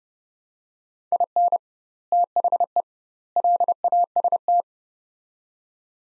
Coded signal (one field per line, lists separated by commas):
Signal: Morse code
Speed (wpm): 30 wpm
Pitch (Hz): 700 Hz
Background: none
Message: IN THE LAST